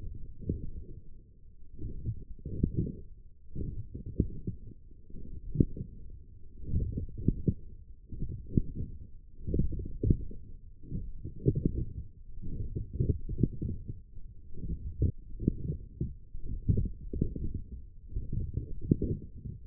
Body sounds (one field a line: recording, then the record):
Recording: forearm muscle sounds (acoustic myography)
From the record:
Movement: forearm pronation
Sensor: system 1, eight BSWA MPA416 microphones around the upper forearm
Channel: 7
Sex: male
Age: 21 years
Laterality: right